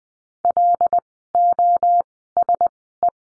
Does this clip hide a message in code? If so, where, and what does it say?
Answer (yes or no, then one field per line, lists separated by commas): yes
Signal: Morse code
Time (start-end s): 0.4-3.1 s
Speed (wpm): 20 wpm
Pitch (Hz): 700 Hz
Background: none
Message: LOSE